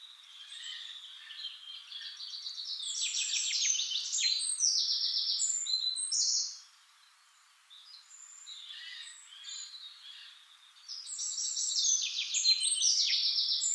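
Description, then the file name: Eurasian blackcap song in two bouts of quick, scratchy warbling mixed with brighter fluty notes, separated by a short lull. "Sylvia atricapilla"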